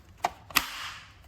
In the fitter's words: then it clicks